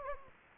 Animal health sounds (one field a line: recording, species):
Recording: mosquito wingbeat signal from an infrared sensor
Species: Anopheles gambiae